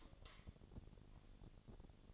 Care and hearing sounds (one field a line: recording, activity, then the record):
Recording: daily activity, microphone in the room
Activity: light off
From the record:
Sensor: 4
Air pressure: 1010.7 hPa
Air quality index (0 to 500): 170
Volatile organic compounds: 5 ppm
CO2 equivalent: 1732 ppm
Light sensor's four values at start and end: 38/111/44/45 and 38/110/44/44